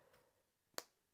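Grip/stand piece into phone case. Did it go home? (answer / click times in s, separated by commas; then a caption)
yes / 0.8 s. The standing grip piece of an official Standing Grip case for the S24 Ultra is pushed into position on the case, and its clicking mechanism snaps it into place. After a quiet stretch, one sharp, bright click rings out at 0.8 s and fades quickly. The grip is seated and becomes hard to move once clicked in.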